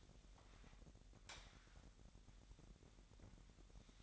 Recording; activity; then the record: daily activity, microphone in the room; light on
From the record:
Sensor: 3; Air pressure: 1011.9 hPa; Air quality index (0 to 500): 234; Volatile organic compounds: 5 ppm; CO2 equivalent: 1738 ppm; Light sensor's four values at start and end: 14/33/14/14 and 17/43/18/18